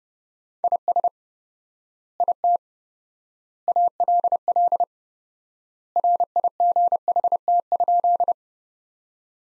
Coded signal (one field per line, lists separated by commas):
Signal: Morse code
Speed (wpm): 32 wpm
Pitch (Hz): 700 Hz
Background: none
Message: IS IT ALL RIGHT?